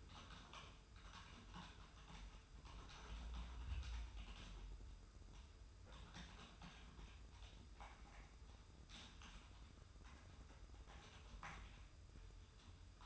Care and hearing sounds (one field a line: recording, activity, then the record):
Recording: daily activity, microphone in the room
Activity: typing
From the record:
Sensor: 2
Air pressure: 990.8 hPa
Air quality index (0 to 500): 144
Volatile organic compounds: 297 ppm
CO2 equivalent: 4474 ppm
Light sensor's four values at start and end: 28/69/27/29 and 28/69/27/29